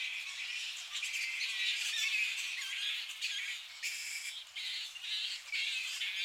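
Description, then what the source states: Bats squabbling in a dense chorus of high, harsh squawks and squeals, overlapping and continuous. Recorded beneath a tree full of bats.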